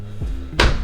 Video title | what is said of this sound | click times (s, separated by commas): How To Install A Sliding Closet Door | Yeah. Like it clicks in a place like that? Yeah, you just hear it. It clicked. | 0.6 s